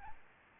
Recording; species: mosquito wingbeat signal from an infrared sensor; Aedes albopictus